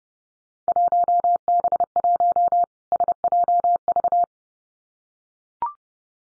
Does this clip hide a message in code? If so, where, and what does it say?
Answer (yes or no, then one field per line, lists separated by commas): yes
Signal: Morse code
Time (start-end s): 0.7-4.2 s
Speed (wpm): 30 wpm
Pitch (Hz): 700 Hz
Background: none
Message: 1B1 SJV